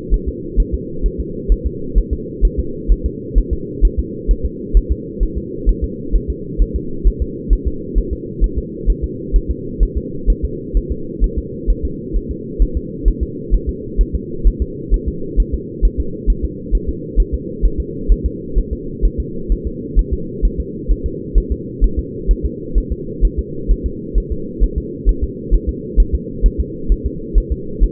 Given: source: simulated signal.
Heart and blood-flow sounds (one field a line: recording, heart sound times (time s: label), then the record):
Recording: fetal heart sounds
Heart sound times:
0.14 s: S1
0.28 s: S2
0.60 s: S1
0.74 s: S2
1.06 s: S1
1.20 s: S2
1.52 s: S1
1.66 s: S2
1.98 s: S1
2.13 s: S2
2.45 s: S1
2.59 s: S2
2.92 s: S1
3.06 s: S2
3.38 s: S1
3.53 s: S2
3.85 s: S1
3.99 s: S2
4.31 s: S1
4.45 s: S2
4.77 s: S1
4.91 s: S2
5.23 s: S1
5.38 s: S2
5.69 s: S1
5.84 s: S2
6.16 s: S1
6.30 s: S2
6.62 s: S1
6.76 s: S2
7.07 s: S1
7.22 s: S2
7.53 s: S1
7.67 s: S2
7.98 s: S1
8.13 s: S2
8.44 s: S1
8.58 s: S2
8.90 s: S1
9.04 s: S2
9.36 s: S1
9.51 s: S2
9.83 s: S1
9.97 s: S2
10.30 s: S1
10.44 s: S2
10.77 s: S1
10.92 s: S2
11.24 s: S1
11.38 s: S2
11.70 s: S1
11.85 s: S2
12.16 s: S1
12.31 s: S2
12.62 s: S1
12.77 s: S2
13.08 s: S1
13.23 s: S2
13.54 s: S1
13.69 s: S2
14.01 s: S1
14.15 s: S2
14.47 s: S1
14.62 s: S2
14.94 s: S1
15.08 s: S2
15.40 s: S1
15.54 s: S2
15.85 s: S1
16.00 s: S2
16.30 s: S1
16.45 s: S2
16.75 s: S1
16.89 s: S2
17.20 s: S1
17.34 s: S2
17.65 s: S1
17.80 s: S2
18.12 s: S1
18.26 s: S2
18.58 s: S1
18.73 s: S2
19.05 s: S1
19.20 s: S2
19.52 s: S1
19.67 s: S2
19.99 s: S1
20.13 s: S2
20.45 s: S1
20.60 s: S2
20.91 s: S1
21.06 s: S2
21.38 s: S1
21.52 s: S2
21.84 s: S1
21.99 s: S2
22.31 s: S1
22.45 s: S2
22.78 s: S1
22.92 s: S2
23.25 s: S1
23.39 s: S2
23.71 s: S1
23.86 s: S2
24.18 s: S1
24.32 s: S2
24.63 s: S1
24.78 s: S2
25.09 s: S1
25.23 s: S2
25.54 s: S1
25.69 s: S2
26.00 s: S1
26.15 s: S2
26.46 s: S1
26.60 s: S2
26.92 s: S1
27.06 s: S2
27.38 s: S1
27.52 s: S2
27.84 s: S1
From the record:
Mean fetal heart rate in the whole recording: 130 bpm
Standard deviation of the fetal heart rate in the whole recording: 2 bpm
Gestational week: 36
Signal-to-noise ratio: -4.3 dB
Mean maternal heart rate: 72 bpm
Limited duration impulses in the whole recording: absent